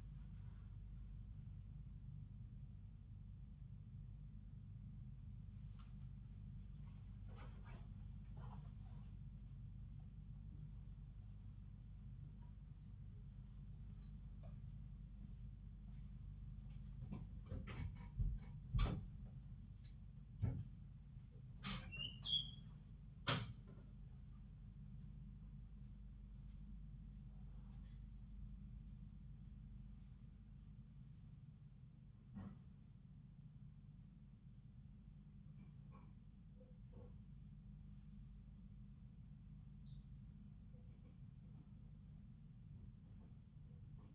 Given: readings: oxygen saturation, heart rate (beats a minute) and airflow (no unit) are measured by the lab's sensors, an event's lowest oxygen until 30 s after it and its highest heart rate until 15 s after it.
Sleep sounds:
a person awake in a sleep study, by a smartphone at the bedside; none
0.00-44.15 s: awake
From the record:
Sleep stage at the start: awake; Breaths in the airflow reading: 16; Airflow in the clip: -0.6 to 0.6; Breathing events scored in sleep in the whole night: 270 in 6.1 hours asleep

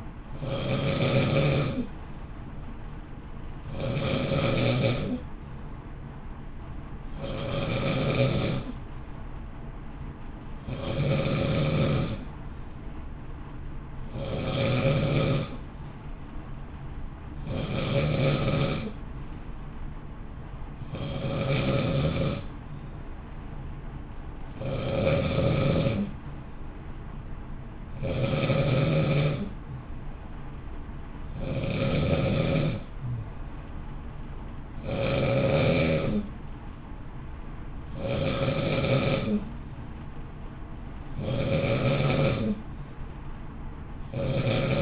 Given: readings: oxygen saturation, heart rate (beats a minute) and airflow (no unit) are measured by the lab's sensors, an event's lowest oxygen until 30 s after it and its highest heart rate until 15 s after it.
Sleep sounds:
breathing in sleep by a smartphone at the bedside; none
none scored
From the record:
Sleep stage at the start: N2 (light sleep); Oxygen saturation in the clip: 91 to 92%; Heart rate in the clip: 55 to 59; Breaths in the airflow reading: 17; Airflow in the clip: -0.7 to 0.8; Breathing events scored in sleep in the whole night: 328 in 6.3 hours asleep

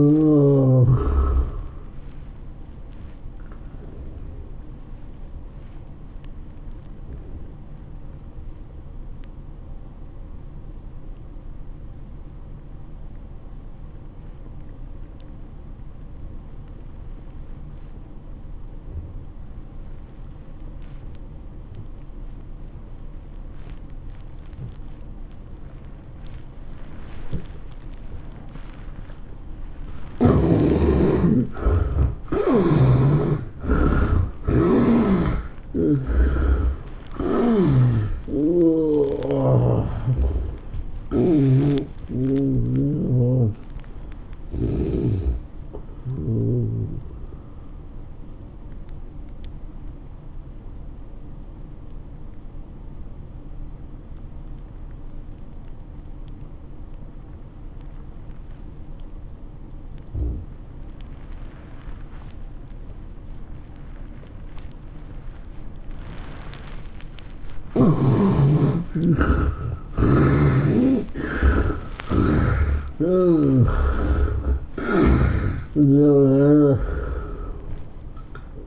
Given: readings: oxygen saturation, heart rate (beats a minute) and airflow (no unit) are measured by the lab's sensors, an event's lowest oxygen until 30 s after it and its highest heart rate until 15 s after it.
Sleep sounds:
breathing in sleep by a smartphone at the bedside; 2
8.00-30.10 s: obstructive apnea (N1, oxygen 97% highest, then 72% lowest, heart rate 103 at the start, 110 highest)
9.00-39.00 s: new sleep stage, N2 (light sleep)
39.00-78.67 s: new sleep stage, N1 (lightest sleep)
49.00-67.60 s: obstructive apnea (N1, oxygen 97% highest, then 70% lowest, heart rate 107 at the start, 112 highest)
From the record:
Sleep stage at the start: N1 (lightest sleep); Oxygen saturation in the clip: 72 to 97%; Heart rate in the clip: 83 to 112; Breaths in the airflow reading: 12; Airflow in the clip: -16.9 to 14.1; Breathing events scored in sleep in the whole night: 403 in 5.5 hours asleep

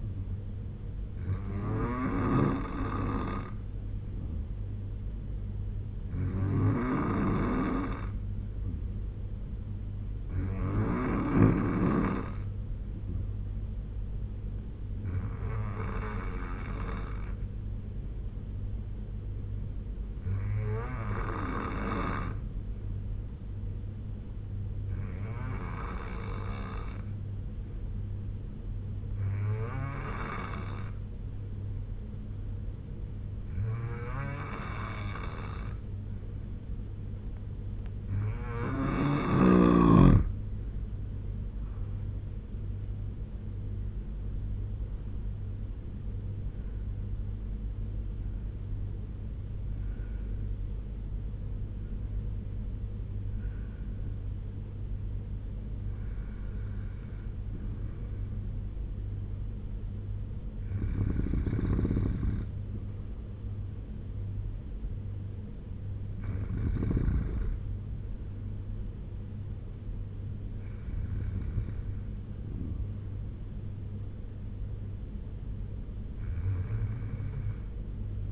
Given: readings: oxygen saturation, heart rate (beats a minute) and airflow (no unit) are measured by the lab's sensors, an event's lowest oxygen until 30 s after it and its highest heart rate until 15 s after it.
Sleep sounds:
breathing in sleep by a smartphone at the bedside; 1
18.00-39.10 s: hypopnea (N2, oxygen 90% highest, then 82% lowest, heart rate 74 at the start, 85 highest)
From the record:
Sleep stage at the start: N2 (light sleep); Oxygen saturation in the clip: 82 to 96%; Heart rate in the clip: 67 to 85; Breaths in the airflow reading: 16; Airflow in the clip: -6.6 to 5.6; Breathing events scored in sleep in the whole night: 201 in 6.5 hours asleep

